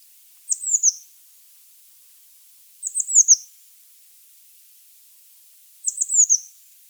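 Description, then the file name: Eurasian blue tit calls, very high thin descending note series, three bursts spaced roughly two to three seconds apart in a quiet background. "Cyanistes caeruleus"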